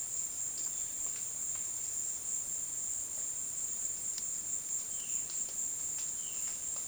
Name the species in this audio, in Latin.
Cyanocorax violaceus